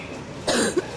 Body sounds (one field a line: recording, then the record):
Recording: coughing mixed with background sound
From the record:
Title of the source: 60 coughing still (deep and wet cough)